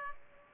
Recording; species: mosquito wingbeat signal from an infrared sensor; Aedes aegypti